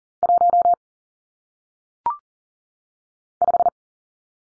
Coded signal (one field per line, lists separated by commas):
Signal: Morse code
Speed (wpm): 38 wpm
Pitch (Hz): 700 Hz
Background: none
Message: 1 5